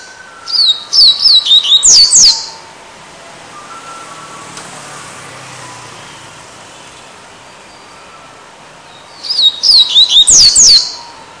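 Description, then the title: Double-collared Seedeater song: two fast phrases of high, twisting whistled notes separated by a long quiet pause. "Canto Coleiro"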